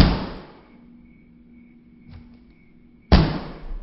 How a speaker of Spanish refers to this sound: Oigo ruido en la puerta, como si forcejeara en ella un cuerpo inmenso y resbaladizo.